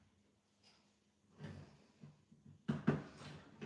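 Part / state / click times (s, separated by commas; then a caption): small toy-brick window clipped into a brick arcade cabinet / partly seated / 2.7 s. A small plastic Lego toy-brick window is clicked onto a brick-built arcade machine cabinet, with soft handling rustles before a sharp click at 2.7 s and another rattle near 3.6 s. The window only clips on loosely, not seating well, though it should sit flush.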